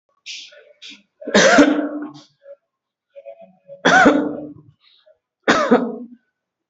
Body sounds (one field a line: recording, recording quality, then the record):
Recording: heavy voluntary cough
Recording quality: excellent, no background noise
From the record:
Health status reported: exposed to COVID-19, no respiratory illness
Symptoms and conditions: breathing difficulty, sore throat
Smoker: not ticked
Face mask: not worn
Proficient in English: yes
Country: India